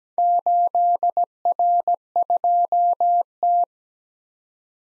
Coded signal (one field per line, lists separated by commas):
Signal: Morse code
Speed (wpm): 17 wpm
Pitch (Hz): 700 Hz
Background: none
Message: 8R2T